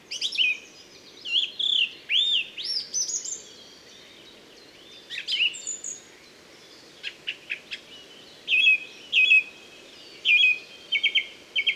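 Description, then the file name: Song thrush song of varied whistled and chattering phrases, several notes repeated three or four times in a row, with brief pauses between phrases and soft background hiss. Recorded at Moos, Deggendorf, on 30 June 2013. "Singdrossel 30 06 2013 Moos DEG Michle Peron"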